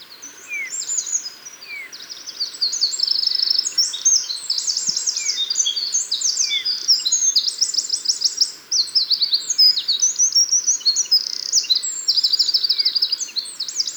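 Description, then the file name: Eurasian wren singing a loud, rapid, run-on song of high trills and sharp notes, nearly continuous, with faint thin slurred notes from another bird through the first half. "Troglodytes troglodytes"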